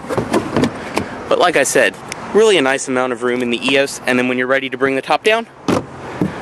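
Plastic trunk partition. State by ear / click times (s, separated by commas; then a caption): not seated / none. In the trunk of a 2014 Volkswagen Eos convertible, someone talks while handling the cargo divider that must be locked in place before the top is lowered, with short knocks and bumps near the start and another around 5.7 s. The divider has not seated or clicked into its locked position yet.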